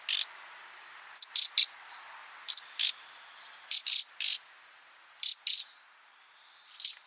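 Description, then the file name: Common nightingale uttering repeated hard tack notes in small clusters, some introduced by a thin high whistle, with short pauses between groups. "Luscinia megarhynchos"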